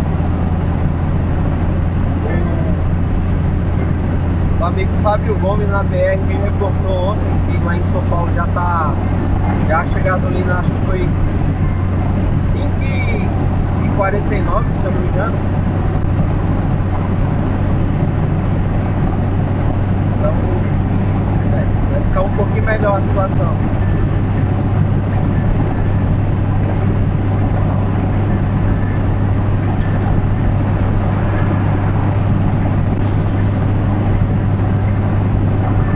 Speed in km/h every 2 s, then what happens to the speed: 99, 100, 100, 104, 105, 106, 107, 107, 109, 110, 113, 114, 113, 114, 114, 114, 115, 114.
0-21 speeds up to 114. 21-36 steady at about 114.